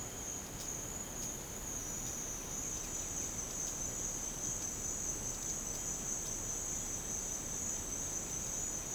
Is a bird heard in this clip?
no